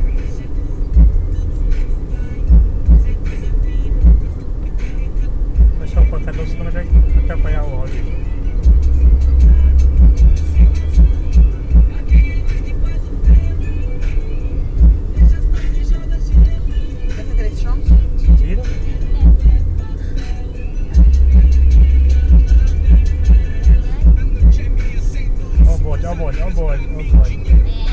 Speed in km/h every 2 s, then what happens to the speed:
79, 79, 79, 83, 85, 85, 83, 76, 67, 66, 66, 67, 73, 74.
0-10 speeds up to 85. 10-16 slows to 67. 18-28 speeds up to 74.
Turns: none.